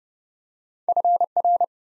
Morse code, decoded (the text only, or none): FR